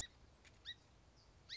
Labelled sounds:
Song Sparrow

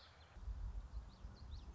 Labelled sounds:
Common Yellowthroat

